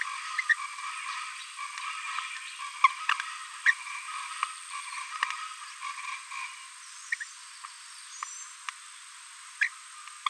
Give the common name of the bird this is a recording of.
Green-rumped Parrotlet